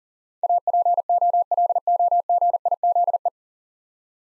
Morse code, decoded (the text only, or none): APOLOGIZE